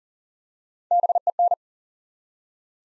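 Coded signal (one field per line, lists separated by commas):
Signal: Morse code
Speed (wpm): 41 wpm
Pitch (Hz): 700 Hz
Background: none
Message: BEN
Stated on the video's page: Morse code practice at 40 wpm, building 3- to 5-letter words one letter at a time for instant character recognition.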